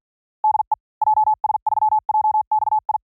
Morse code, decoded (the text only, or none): DE JS3JXI